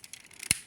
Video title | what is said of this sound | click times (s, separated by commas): Toys I Did Not Own As A Kid- Super Gobot Psycho! | And this snaps in place. And that snaps in place. | 0.5 s